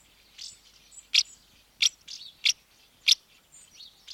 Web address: BBC House Martins. housemartin female calling at nest entrance